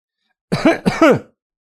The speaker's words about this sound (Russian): У лестницы послышались шаги и осторожное покашливание.